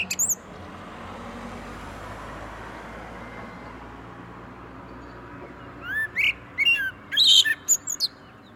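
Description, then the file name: Common blackbird: a brief high note, a long quiet stretch, then one short song phrase of fluted notes and squeaky high chips near the end. "Turdus merula"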